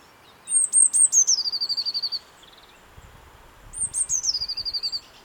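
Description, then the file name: Eurasian blue tit singing two phrases, each opening with thin very high notes and then dropping into a fast, slightly lower trill, separated by a pause of about one and a half seconds. "Cyanistes caeruleus"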